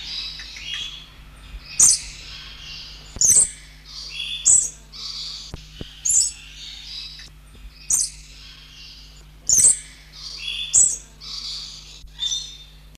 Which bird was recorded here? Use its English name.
Papuan Lorikeet